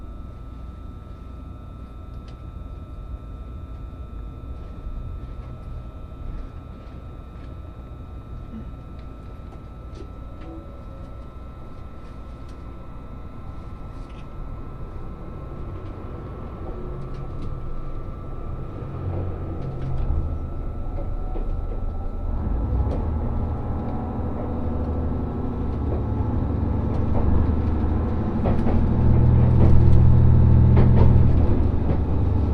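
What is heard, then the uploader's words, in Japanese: The Resort Shirakami No. 4 train runs along the Sea of Japan coast after leaving Ajigasawa, its low rumble steady at first and growing louder from about twenty seconds on. A constant thin whine rides above the running noise, with scattered clicks and rattles throughout. 五能線リゾートしらかみ4号 鯵ヶ沢→深浦。リゾートしらかみ4号は鯵ヶ沢から日本海沿いに走っていきます。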